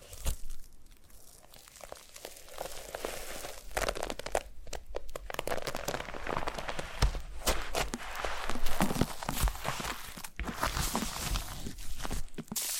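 Foam being massaged: a dense run of soft crinkling, squeaking and rubbing textures that fills the whole thirteen seconds. The sound is bright and irregular, with brief quieter gaps near two, four and ten seconds before the rustling resumes.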